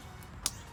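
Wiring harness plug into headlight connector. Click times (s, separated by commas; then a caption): 0.5 s. The main headlight wiring harness plug is pushed into the headlight connector on a Focus RS while chrome turn signal bulbs are being installed. Over a steady low background, one short, sharp click is heard at 0.5 s as the plug locks and seats.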